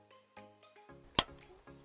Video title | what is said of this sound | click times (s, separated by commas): How to: Replace Wipers on a 2010 Ford Mustang (with Brianna!) | once you hear a click it's ready | 1.2 s